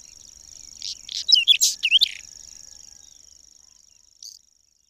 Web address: agykontroll Madardalok Cd 3. Rozsdás csuk